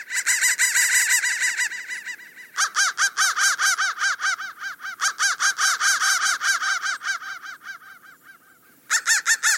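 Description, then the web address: Crow caws in rapid harsh bursts, many notes tumbling over each other, broken by short gaps before another loud volley starts. "soundfactory crow"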